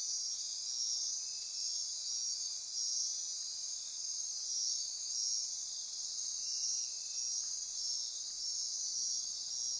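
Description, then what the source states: Insects in chorus, an unbroken high shrill buzzing and trilling, slightly swelling and fading in places, with soft lower pulsed calls mixed in. Insect chorus recorded at midnight near Corcovado.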